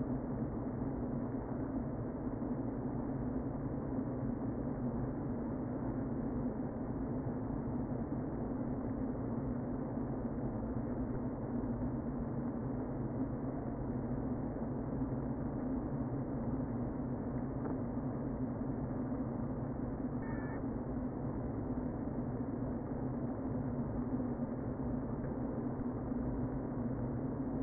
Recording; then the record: honeybee colony, microphone inside the hive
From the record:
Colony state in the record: queen present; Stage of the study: before two queens were removed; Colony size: about 60,000 bees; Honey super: yes